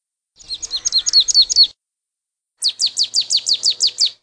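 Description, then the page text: Marsh tit song: two rapid series of bright, high, downslurred notes, each run about a second and a half long, separated by a brief silence. Survey playback recording. "Hampshire Ornithological Society 2023 Marsh Tit Survey"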